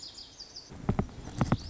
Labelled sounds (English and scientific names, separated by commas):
Lazuli Bunting (Passerina amoena)